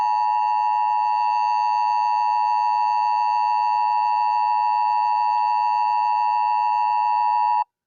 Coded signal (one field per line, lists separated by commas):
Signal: Emergency Alert System (SAME) tones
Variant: 853 and 960 Hz attention tone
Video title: EAS Scenario #1 The Severe Thunderstorm(REMASTERED)